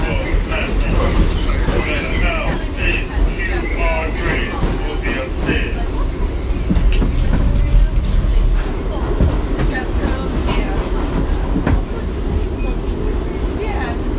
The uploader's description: Noises of streets, subway and museums in New York City